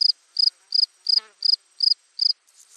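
Cricket giving high, pulsed chirps about three per second, with a brief lower harmonic sound partway through and a soft rustle at the end.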